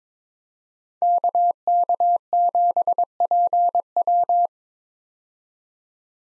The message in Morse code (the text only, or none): KK7PW